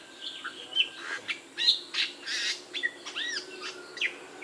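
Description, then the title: Bali myna calls: harsh squawks mixed with clear whistled notes and looping rising-falling phrases, irregular and scattered throughout. "Jalak Bali"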